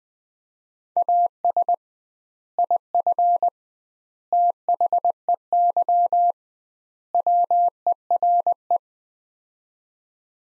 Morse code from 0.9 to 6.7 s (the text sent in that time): AS IF THEY